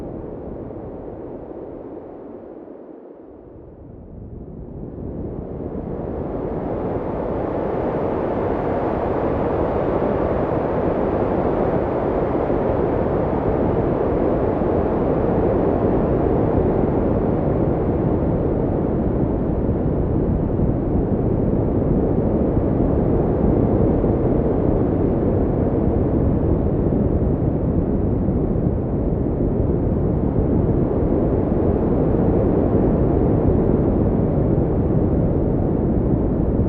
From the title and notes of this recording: The Winds - relaxing noise sounds, wind noise.